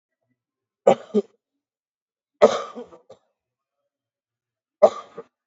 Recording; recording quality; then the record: heavy voluntary cough; excellent, no background noise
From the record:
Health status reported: COVID-19 positive, mild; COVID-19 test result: positive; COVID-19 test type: RT-PCR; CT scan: taken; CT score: 10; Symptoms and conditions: cough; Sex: male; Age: 44 years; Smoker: no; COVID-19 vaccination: none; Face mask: worn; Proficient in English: yes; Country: India